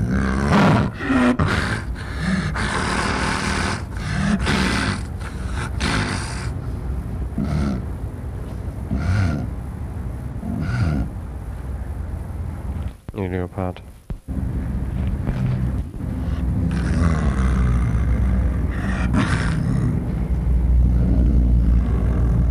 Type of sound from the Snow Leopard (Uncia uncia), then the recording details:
call. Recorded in captivity. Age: adult. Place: Tierpark Berlin, Berlin, DE. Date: 1962-11-06 17:30. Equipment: Minifon, Kopie Smaragd. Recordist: Tembrock, Günter